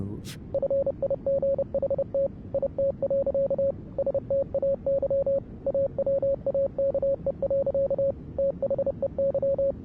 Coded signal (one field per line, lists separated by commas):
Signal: Morse code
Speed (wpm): 30 wpm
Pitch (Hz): 550 Hz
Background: speech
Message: FIGHT IT. STAY AWAKE. THEY